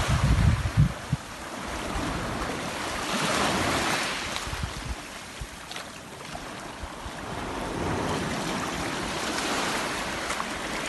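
Waves wash steadily in the bay of Camas Tuath on Mull, a hissing surf that swells and ebbs, with heavier low thumps in the first second.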